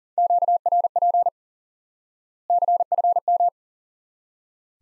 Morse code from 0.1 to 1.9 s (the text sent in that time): QRP